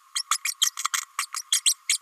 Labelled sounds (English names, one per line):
Green-rumped Parrotlet babbling